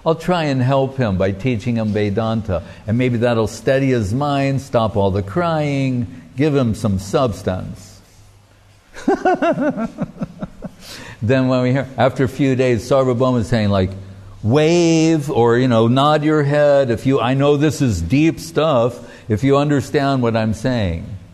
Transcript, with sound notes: I'll try and help Him by teaching vedānta, and maybe that will steady His mind, stop all the crying; give Him some substance. [laughing] Then, when we hear after a few days Sārvabhauma saying, like, “Wave or, you know, nod your head if you —I know this is deep stuff— if you understand what I'm saying.”